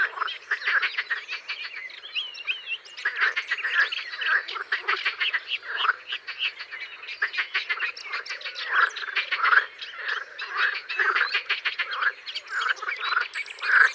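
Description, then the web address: Edible frogs croaking in a dense chorus, rapid rattling pulses overlapping steadily throughout, with a few faint bird whistles above. "Grenouille verte. abc de la nature"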